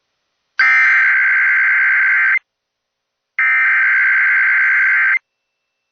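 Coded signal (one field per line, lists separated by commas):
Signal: Emergency Alert System (SAME) tones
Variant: header bursts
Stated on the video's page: Severe Thunderstorm Watch SAME tones from NOAA Weather Radio, sent three times as headers, then three end-of-message bursts.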